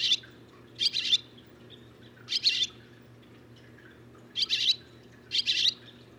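Barn swallow giving short, harsh chirping notes, some paired, in bursts spaced about one to two seconds apart, over a faint steady low hum.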